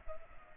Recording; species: mosquito wingbeat signal from an infrared sensor; Culex pipiens